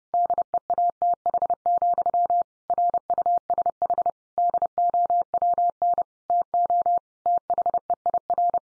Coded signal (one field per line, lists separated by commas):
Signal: Morse code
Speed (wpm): 30 wpm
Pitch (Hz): 700 Hz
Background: none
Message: DEATH, RUSH DOWN TO THEIR